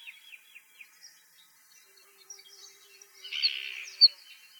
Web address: soud varakushka